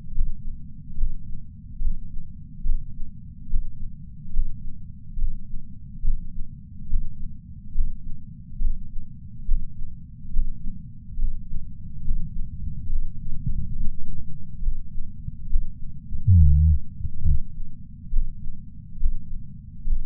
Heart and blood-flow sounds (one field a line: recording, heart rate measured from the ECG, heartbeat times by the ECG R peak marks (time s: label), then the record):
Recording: heart sounds by patch sensor on the chest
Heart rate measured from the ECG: 70 bpm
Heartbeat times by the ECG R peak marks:
0.98 s: heartbeat
1.82 s: heartbeat
2.66 s: heartbeat
3.51 s: heartbeat
4.34 s: heartbeat
5.19 s: heartbeat
6.05 s: heartbeat
6.91 s: heartbeat
7.75 s: heartbeat
8.62 s: heartbeat
9.49 s: heartbeat
10.34 s: heartbeat
11.19 s: heartbeat
12.05 s: heartbeat
12.90 s: heartbeat
13.76 s: heartbeat
14.63 s: heartbeat
15.50 s: heartbeat
16.38 s: heartbeat
17.26 s: heartbeat
18.14 s: heartbeat
19.01 s: heartbeat
19.88 s: heartbeat
From the record:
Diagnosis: coronary artery disease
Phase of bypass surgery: preoperative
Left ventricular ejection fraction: 69.1%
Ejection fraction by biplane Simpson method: 68.2%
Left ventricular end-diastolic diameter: 44 mm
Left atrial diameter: 36 mm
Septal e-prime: 8.3 cm/s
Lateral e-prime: 8.5 cm/s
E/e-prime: 10.7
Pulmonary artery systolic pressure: 35 mmHg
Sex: male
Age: 76 years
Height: 165 cm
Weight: 79 kg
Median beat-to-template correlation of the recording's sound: 0.89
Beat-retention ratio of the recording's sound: 0.98